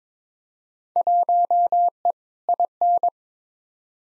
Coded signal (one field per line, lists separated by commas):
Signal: Morse code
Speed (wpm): 22 wpm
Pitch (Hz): 700 Hz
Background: none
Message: 1E IN